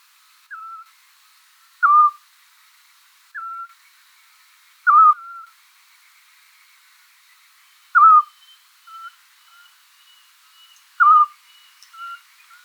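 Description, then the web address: Eurasian scops owl giving short, clear whistled notes, one loud note about every three seconds, with softer whistles between them. "otus scops call"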